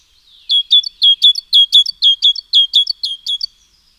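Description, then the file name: Great tit giving a steady run of sharp, ringing chirps for about three seconds in otherwise quiet surroundings. "Parus major"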